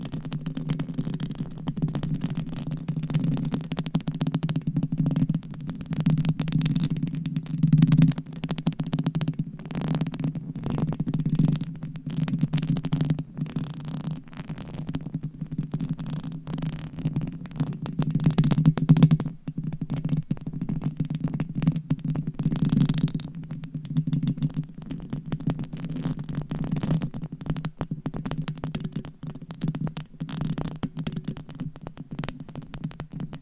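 Nails scratch across microphone covers in a continuous rough rasping that runs the whole time. Dense, rapid strokes with short gaps flicker throughout, over a steady low rumbling hum, and brighter scrapes stand out around 8, 18–19 and 23 seconds.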